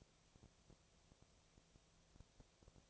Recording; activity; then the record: daily activity, microphone in the room; no activity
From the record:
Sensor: 1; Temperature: 19.6 degrees Celsius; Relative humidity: 36.5%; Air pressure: 997.1 hPa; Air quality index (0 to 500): 204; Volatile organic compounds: 129 ppm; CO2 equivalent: 3922 ppm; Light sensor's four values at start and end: 1/2/1/1 and 1/2/1/1